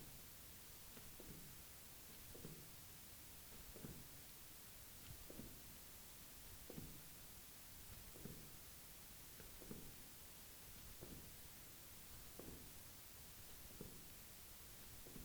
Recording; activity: daily activity, guitar pickup as the sensor; jump